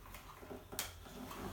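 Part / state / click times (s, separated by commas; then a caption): seat cover elastic fixing onto highchair seat / seated / 0.8 s. The elastic fixing of the fabric seat cover on a Joie Multiply 6in1 highchair is fitted at the screw area of the plastic seat and pushed until it pops into place. A sharp, short click is heard at 0.8 s, following a softer bump just before it, and the fixing is seated.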